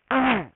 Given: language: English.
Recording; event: throat vibration sensor signal played as sound; throat clearing